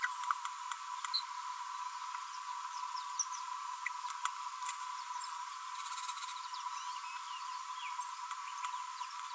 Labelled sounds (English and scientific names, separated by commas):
Green-rumped Parrotlet (Forpus passerinus) babbling